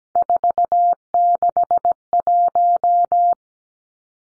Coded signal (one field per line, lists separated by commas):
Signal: Morse code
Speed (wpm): 17 wpm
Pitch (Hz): 700 Hz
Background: none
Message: 461